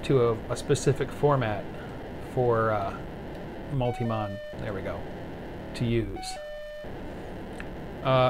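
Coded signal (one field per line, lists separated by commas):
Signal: POCSAG pager data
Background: speech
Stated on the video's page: POCSAG pager transmissions received with GQRX software radio on Linux.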